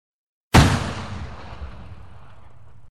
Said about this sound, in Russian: Уже легче. Не было бы двух первых выстрелов, вообще все нормально было бы.